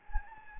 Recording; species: mosquito wingbeat signal from an infrared sensor; Anopheles gambiae